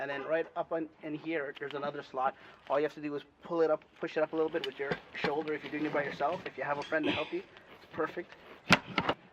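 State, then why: Seated. A metal support post is pushed into its slot on the frame of a Jayco pop-up tent trailer while the trailer section is lifted with a shoulder. Someone talks throughout. A sharp snap is heard at 8.7 s as the post seats in the slot.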